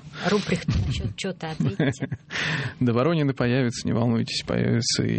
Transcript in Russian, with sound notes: Рупрехту чё-то ответьте. (смеется) «Воронины» появятся, не волнуйтесь. Появятся.